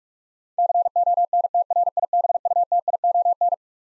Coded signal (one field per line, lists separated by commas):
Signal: Morse code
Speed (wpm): 46 wpm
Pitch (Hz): 700 Hz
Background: none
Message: CONTRIBUTION